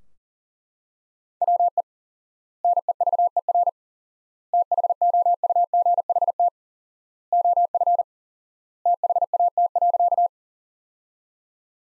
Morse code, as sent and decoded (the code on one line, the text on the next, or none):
.-- . / -. . ...- . .-. / - .... --- ..- --. .... - / --- ..-. / - .... .- - .-.-.-
WE NEVER THOUGHT OF THAT.